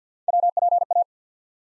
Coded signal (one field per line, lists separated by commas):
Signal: Morse code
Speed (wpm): 51 wpm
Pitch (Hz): 700 Hz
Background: none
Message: WPA